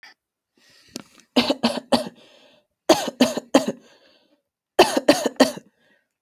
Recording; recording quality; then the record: shallow voluntary cough; excellent, no background noise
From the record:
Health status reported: healthy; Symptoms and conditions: hypertension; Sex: female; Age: 28 years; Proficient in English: yes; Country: United States